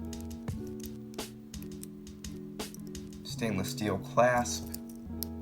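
The folding stainless steel clasp on the bracelet of an Invicta Pro Diver 30626 watch is handled, with faint small ticks and taps over steady background music while someone talks. Nothing has seated or clicked yet; the clasp has not snapped shut by the end.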